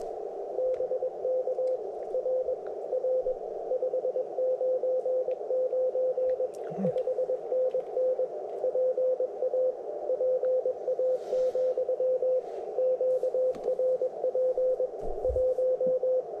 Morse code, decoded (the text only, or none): BK RR 599 5NN PA PA, QRP 1